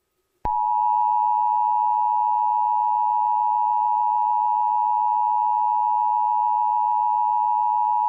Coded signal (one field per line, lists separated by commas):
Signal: Emergency Alert System (SAME) tones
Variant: 853 and 960 Hz attention tone